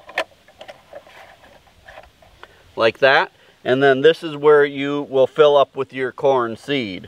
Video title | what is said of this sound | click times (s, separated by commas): No Garden Is Complete Without THESE! Sweet Corn and Watermelon! | this little hopper here and lock into place like | 0.2 s